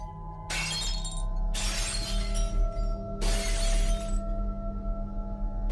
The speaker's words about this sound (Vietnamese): Mấy cái bát mẻ nêu đất ở góc nhà, nó cũng cầm quăng toán loạn, tạo ra những âm thanh đổ vỡ loảng xoảng trong đêm khuya.